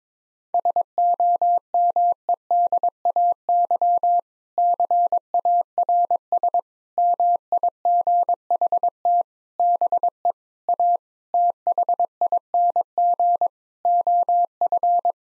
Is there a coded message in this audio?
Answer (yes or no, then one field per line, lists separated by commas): yes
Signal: Morse code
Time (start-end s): 0.5-15.1 s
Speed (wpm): 22 wpm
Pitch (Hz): 700 Hz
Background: none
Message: SOMEDAY CARS MIGHT BE A THING OF